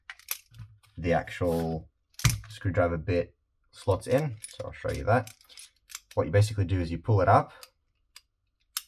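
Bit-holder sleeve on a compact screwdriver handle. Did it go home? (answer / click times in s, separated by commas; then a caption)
released / 8.8 s. Someone talks while pulling up the spring-loaded sleeve of the bit holder on a Wera Kompact compact screwdriver handle. The sleeve clicks into its open position at 8.8 s, ready to take a bit.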